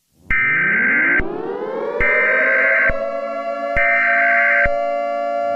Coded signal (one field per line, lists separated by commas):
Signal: Emergency Alert System (SAME) tones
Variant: header bursts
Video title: (EAS Scenario #3) The Universe turns upside down - Remastered